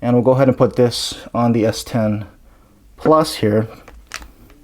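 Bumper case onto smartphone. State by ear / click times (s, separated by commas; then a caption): not seated / none. Someone talks while a RhinoShield bumper case is held and pressed toward a Samsung Galaxy S10 Plus smartphone, followed by quiet handling sounds and a brief sharp tap at about 4.1 s. The clip ends just before the case snaps onto the phone, so nothing has seated or clicked yet.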